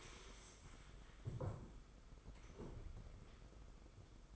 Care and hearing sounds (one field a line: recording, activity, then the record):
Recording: daily activity, microphone in the room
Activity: stand up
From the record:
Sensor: 5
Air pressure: 990.6 hPa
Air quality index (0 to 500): 150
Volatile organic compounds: 164 ppm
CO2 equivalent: 4084 ppm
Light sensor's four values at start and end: 46/138/53/57 and 45/138/53/57